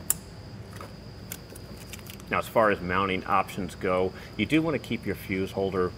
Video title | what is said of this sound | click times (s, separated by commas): etrailer - Curt T-Connector Vehicle Wiring Harness Installation - 2024 Kia Carnival | and push it in until it snaps | 0.1 s